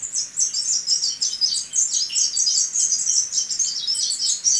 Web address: Natures Songs S America Birds of Ecuador Spectacled Whitestart